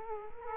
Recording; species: mosquito wingbeat signal from an infrared sensor; Culex quinquefasciatus